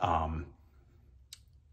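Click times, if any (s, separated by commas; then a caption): 1.3 s. Someone talks briefly, then slides the small pivot-lock notch on a Braun Series Pro 9 electric shaver so the pivoting shaving head locks in place. A single sharp, short click is heard at 1.3 s as the lock seats. The head is locked but not heavily fixed and can still move.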